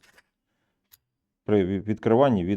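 Someone presses the release key on a 165 mm Stublina 3065 00 foot-operated floor door stopper, and its spring-loaded rubber foot pops up from the locked position. The latch releases with one sharp, loud click at 0.9 s, after a faint tick near the start. Someone then talks.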